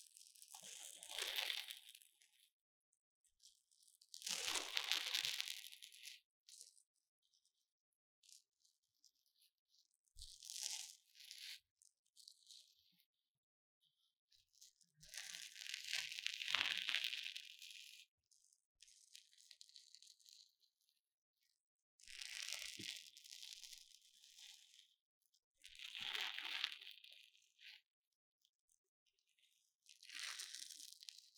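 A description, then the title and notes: Foam rubbed and squeezed in bursts of bright crinkling rustle, each lasting a few seconds, separated by near-silent pauses, repeating about every five seconds. 3Dio Foam and Tingly Ear Massage for Stress Relief. 耳朵泡沫按摩抒壓. NoTalking.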